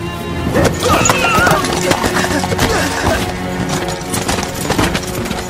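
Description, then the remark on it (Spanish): A mare gives a soft, low whinny in a stable as her girths are tightened, amid a steady clatter of hooves and tack, the sounds continuous and fairly loud throughout. “La yegua relinchó suavemente cuando con nieve le apretó las cinchas.”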